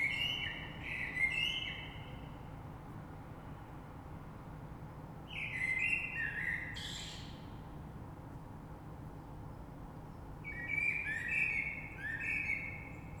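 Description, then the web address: Common blackbird delivering three rich, whistled phrases about five seconds apart, each with scratchy high twittering, against a low background hum. Recorded 3 March 2020. "oiseaux Rush Merle 3-3-2020"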